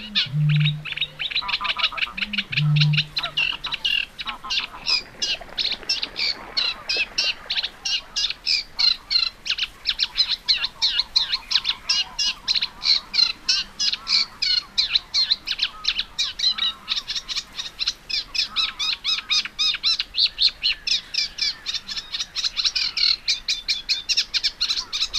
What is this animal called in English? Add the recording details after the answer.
Eurasian Reed Warbler. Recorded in the wild. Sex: male. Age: adult. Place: Warsow, Kummerower See, Mecklenburg-Vorpommern, DE. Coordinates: 53.8358, 12.8492. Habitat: wetland. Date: 2013-05-23 19:22. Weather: cloudy, weak wind, 15°C. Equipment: Sound Devices 702, Sennheiser MKH 70, Rycote Windschutz. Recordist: Frommolt, Karl-Heinz